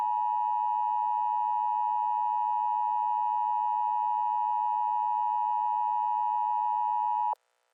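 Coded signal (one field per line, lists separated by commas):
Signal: Emergency Alert System (SAME) tones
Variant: 853 and 960 Hz attention tone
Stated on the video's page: Fictional short EAS scenario, simulated rather than a real alert.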